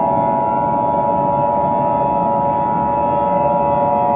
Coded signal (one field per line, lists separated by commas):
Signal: Emergency Alert System (SAME) tones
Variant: 853 and 960 Hz attention tone